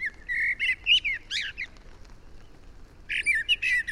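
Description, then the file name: Eurasian blackbird singing two phrases, fluted mid-pitched notes running into thin, scratchy high squeaks, separated by a short silent gap. "Turdus merula"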